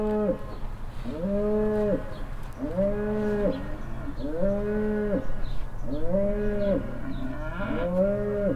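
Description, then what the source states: Cow mooing in a steady series of several short, even moos over a low background rumble. Farmstead beside a willow at Heiderscheid; one cow moos constantly and loudly while moving behind a bush.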